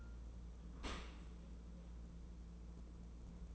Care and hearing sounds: daily activity, microphone in the room; open dishwasher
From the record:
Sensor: 1

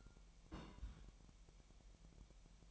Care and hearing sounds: daily activity, microphone in the room; place on stove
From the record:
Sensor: 1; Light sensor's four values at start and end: 6/13/5/6 and 6/13/5/6

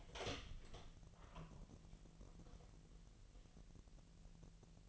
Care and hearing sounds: daily activity, microphone in the room; open door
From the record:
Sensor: 4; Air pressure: 1002.1 hPa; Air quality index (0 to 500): 248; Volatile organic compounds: 41 ppm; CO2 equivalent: 3161 ppm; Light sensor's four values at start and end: 10/22/9/8 and 9/21/8/8

